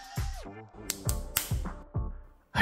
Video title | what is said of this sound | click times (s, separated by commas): 212: Wonder Artistic Models Giganotosaurus Review | Just really like that satisfying snap! | 0.9 s, 1.1 s, 1.4 s